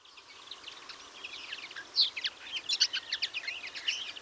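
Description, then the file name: European greenfinch twittering calls: faint for the first two seconds, then a dense run of short, rapid chirps and trills continuing to the end. "Chloris chloris"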